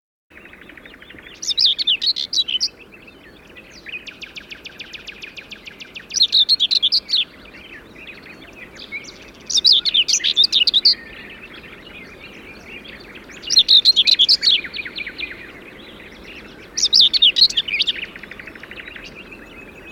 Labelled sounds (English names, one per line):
Common Whitethroat